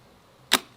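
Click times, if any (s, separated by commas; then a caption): 0.5 s. After recharging, a motorcycle helmet intercom unit (Edge model) is put back on its helmet mount, where it attaches magnetically and clips onto the safety catch. A single sharp, broadband click sounds at 0.5 s against a quiet background, then quickly fades. The unit is seated on its mount.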